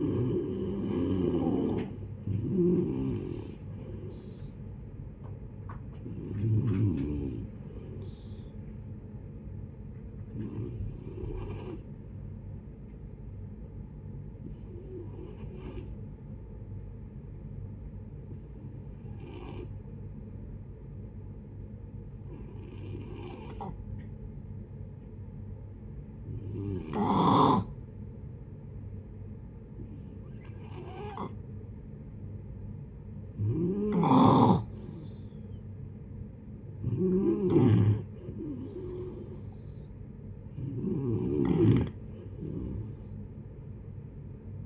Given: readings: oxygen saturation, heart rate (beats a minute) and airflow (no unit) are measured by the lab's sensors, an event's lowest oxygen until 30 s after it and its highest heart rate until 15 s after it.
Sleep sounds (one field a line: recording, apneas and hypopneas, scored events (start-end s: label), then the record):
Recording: breathing in sleep by a smartphone at the bedside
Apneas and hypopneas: 1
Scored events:
14.00-33.50 s: hypopnea (N2, oxygen 95% highest, then 89% lowest, heart rate 65 at the start, 72 highest)
From the record:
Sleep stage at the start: N2 (light sleep)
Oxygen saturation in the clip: 86 to 95%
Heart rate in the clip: 59 to 74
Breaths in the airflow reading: 11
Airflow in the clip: -7.2 to 10.4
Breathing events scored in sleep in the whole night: 496 in 5.4 hours asleep